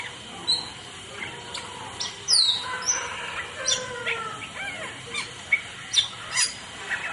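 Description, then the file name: Starling giving scattered piercing whistles that sweep down, mixed with softer warbled notes and a few sharp chips, over faint background hiss. "rajaperling omkicau"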